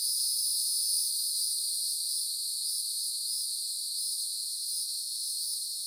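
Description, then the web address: Cicadas in a steady high droning chorus, layered bands of buzzing hiss with slight wavering, nothing low heard. Cicadas isolated from forest ambience; upland hardwoods, Green Mountain, Central Florida. "FOREST AMBIENCE 1 CENTRAL FLORIDA Upland Hardwoods Green Mountain Nature Forest Cicadas Isolated"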